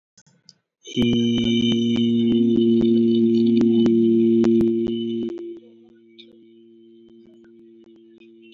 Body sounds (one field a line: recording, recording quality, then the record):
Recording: sustained vowel as in beet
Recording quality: excellent, no background noise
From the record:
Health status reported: healthy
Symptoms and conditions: cough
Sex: male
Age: 18 years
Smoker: no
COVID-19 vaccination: both doses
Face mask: worn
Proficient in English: yes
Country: India